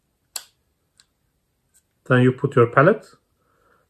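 The cocking lever of a Pardini K12 Absorber air pistol is opened fully, giving a sharp click at 0.4 s as it reaches the end of its travel before the pellet is loaded. A faint tick follows at 1.0 s, then someone talks. The lever has clicked into its fully open position.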